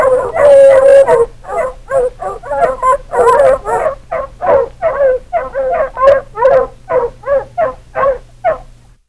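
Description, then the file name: Dog giving a brief steady howl, then a long run of rapid barks, fading out at the end over a low hum. More than one dog. "chiens"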